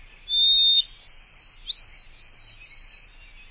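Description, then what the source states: White-throated sparrow song: clear, pure whistles, the first lower and held, the later ones higher, the last ones broken into shorter pieces. Long, clear whistles rendered as 'Oh, sweet Canada'; boreal spruce and poplar forest.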